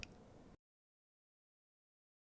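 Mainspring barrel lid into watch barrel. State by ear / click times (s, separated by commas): seated / 0.0 s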